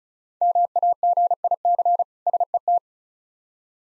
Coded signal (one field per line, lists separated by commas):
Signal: Morse code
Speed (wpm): 36 wpm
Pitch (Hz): 700 Hz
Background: none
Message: MAGIC SET